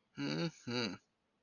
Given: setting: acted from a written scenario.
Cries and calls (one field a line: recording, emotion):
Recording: vocal sound without words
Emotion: pride